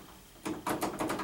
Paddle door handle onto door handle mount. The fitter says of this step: And I'm just going to set it on here and push it on until it clicks.